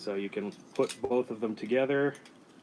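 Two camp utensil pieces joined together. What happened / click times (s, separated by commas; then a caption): Metal utensil halves handled, not yet locked / none. Two camp utensil pieces are handled as someone talks, with faint handling noise under the voice. The pieces are brought together but have not yet been slid down to lock; nothing has seated or clicked yet.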